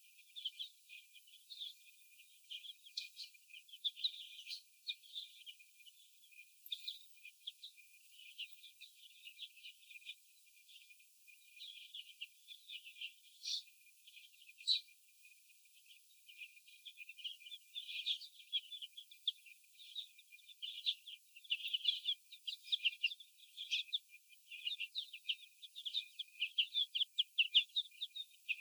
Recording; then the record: young laying hens in a cage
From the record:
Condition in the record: before the stressor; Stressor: sudden umbrella opening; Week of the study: 2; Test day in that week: 1